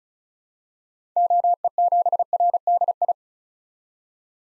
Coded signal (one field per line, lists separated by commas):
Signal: Morse code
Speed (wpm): 36 wpm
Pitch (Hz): 700 Hz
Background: none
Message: OE7RDI